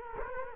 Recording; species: mosquito wingbeat signal from an infrared sensor; Culex quinquefasciatus